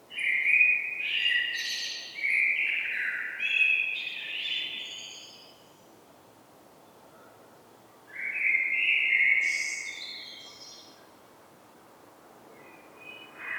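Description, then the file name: Common blackbird song: a run of rich, tumbling fluted notes, a pause, then another phrase closing with high squeaky twitters. "Turdus merula"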